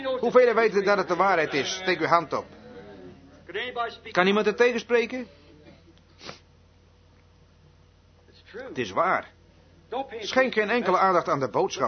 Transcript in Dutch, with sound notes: Hoevelen weten dat het de Waarheid is, steek uw hand op. Juist. Kan iemand het tegenspreken? [Broeder Branham houdt even op. De samenkomst is stil.] Het is waar. Schenk geen enkele aandacht aan de boodschapper.